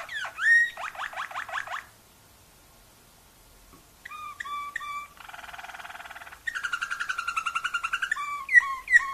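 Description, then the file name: Waterslager canary song: swooping whistles and a fast rattling phrase, a two-second pause, then a few dipping notes, a buzzy roll and a pulsing trill ending in sharp swooping notes. Song variations. "kenari waterslager variasi omkicau"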